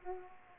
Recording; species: mosquito wingbeat signal from an infrared sensor; Aedes aegypti